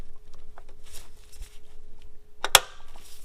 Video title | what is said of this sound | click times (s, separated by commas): Fox Body Maintenance - Throttle Body Gasket Kit | There you go, you can hear a click, you know it's installed. | 2.5 s